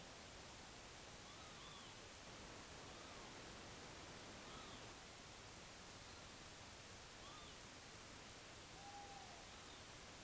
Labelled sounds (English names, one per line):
Northern Lapwing
Tawny Owl